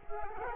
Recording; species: mosquito wingbeat signal from an infrared sensor; Culex quinquefasciatus